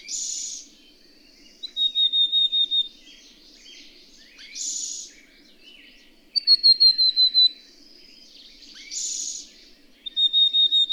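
Birdsong with a rasping, buzzy burst followed by a rapid series of clear, high whistles, some drifting slightly downward, the pattern recurring several times amid faint twittering.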